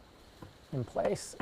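A metal clip nut is being handled at the cab pinch weld of a 2017 Chevy Silverado 2500 Crew Cab, threads on top, to mount a bracket for Iron Cross sidearm steps. Someone talks over faint handling noise with a brief hiss, and nothing has seated or clicked yet.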